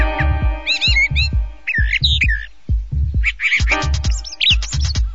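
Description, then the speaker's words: Brown Thrasher song: varied whistled and slurred phrases over a regular low thumping background sound. Brown Thrasher typically repeats phrases once or twice, song emphatically delivered; listeners asked to count repetitions; Thoreau heard 'drop it, cover it up, cover it up, pull it up, pull it up, pull it up'. "Now listen to the Brown Thrasher and remember to count the number of repetitions."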